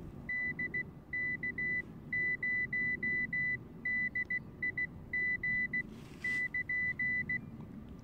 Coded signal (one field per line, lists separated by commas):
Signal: Morse code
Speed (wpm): 16 wpm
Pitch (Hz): 2000 Hz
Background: none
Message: DK0DIG <KN>